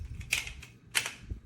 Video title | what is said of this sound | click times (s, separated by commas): Reseña del XXZU Tripod for Mobile Phone Stand – 155 cm Tripod Extendable Camera Aluminium Tripod wit | And then they snap into place and you tighten that back up. | 0.3 s, 1.0 s